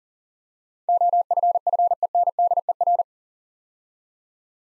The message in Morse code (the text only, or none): OFFENDER